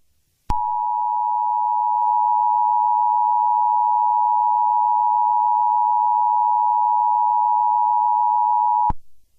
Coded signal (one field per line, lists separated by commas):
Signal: Emergency Alert System (SAME) tones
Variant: 853 and 960 Hz attention tone